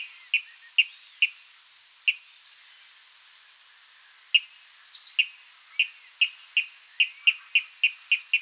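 Water rail giving short, sharp, high notes, scattered at first with a pause, then repeated in a quicker, more regular run toward the end.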